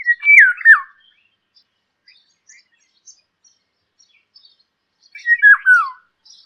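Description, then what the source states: Indian Golden Oriole song: two rich, fluty, liquid phrases that fall in pitch, separated by about four seconds of near silence with faint chirps. Generalist feeder; forages in large fruiting trees such as banyan, peepal and figs.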